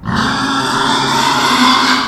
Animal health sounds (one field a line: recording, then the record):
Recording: squeal of a Yucatan mini pig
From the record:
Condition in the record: after surgery on the right vocal fold (resection and tissue-engineered implant)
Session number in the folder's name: 16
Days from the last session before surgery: 183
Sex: female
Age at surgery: 19 weeks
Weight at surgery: 25 kg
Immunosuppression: prednisolone